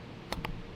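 A BMW E9X M3 S65 engine's ignition coil connector is pushed hard onto the coil with the back of the palm during a valve cover gasket job. Two short, sharp clicks sound at 0.3 s and 0.5 s over a low background hiss. The connector clicks home and is fully seated.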